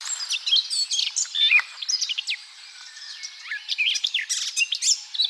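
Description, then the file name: Eurasian blackcap song, a fast varied warble of scratchy and clear notes, pausing briefly midway before resuming. "Sylvia atricapilla"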